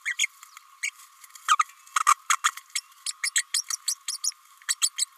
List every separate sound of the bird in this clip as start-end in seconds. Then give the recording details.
0.05-0.15, 0.19-0.27, 0.83-0.90, 1.48-1.57, 1.59-1.65, 1.95-2.00, 2.06-2.15, 2.29-2.37, 2.44-2.52, 2.75-2.81, 3.06-3.12, 3.23-3.30, 3.35-3.44, 3.54-3.63, 3.70-3.76, 3.88-3.96, 4.08-4.17, 4.24-4.31, 4.68-4.75, 4.81-4.89, 4.98-5.05. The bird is a female. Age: 29 days. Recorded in a nest box in Venezuela. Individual 17B32A5